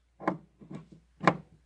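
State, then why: Seated. An audio cable connector, likely an XLR, is pushed into the input jack of a powered speaker, giving a few short knocking sounds before a sharp snap at 1.3 s. The connector latches and is seated in the input.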